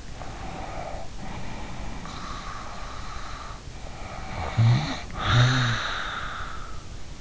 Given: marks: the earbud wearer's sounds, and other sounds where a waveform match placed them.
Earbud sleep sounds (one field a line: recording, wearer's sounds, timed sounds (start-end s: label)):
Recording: sounds in sleep by an in-ear microphone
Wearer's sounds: breath, snoring breath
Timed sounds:
0.30-3.69 s: breath
4.09-6.72 s: snoring breath